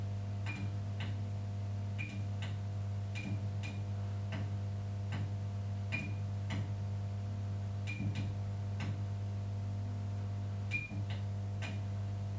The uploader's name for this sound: malfunctioning strip light